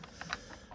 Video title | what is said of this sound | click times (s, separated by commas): FANHOME Star Wars - Build the Millennium Falcon Part 14 | line it up there line it up there and just lock it into place like that | 0.2 s, 0.3 s